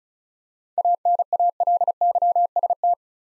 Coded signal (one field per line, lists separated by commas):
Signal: Morse code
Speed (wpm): 36 wpm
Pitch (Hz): 700 Hz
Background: none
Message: ANALYST